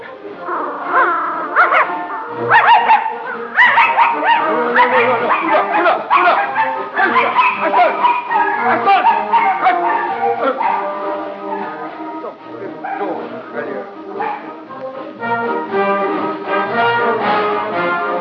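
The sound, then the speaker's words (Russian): A young red dog, a dachshund and mongrel mix, barks and whimpers over and over, yelps and whines running together in a steady, fairly loud stream with no pause, mixed with some voice-like sound. “молодая рыжая собака, помесь таксы с дворняжкой.”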